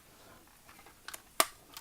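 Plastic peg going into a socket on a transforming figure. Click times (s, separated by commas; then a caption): 1.4 s. A plastic peg is pressed into a socket on a transforming figure, with faint handling rustles and a pair of light ticks around 1.1 s. It seats with a sharp, bright snap at 1.4 s, followed by a soft tick near 1.8 s.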